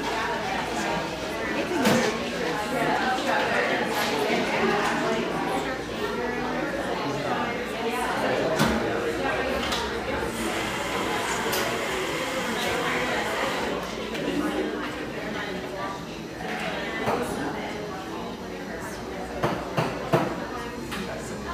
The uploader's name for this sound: Pearl District, Portland, Oregon